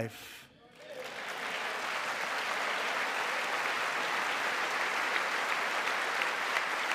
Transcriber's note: applause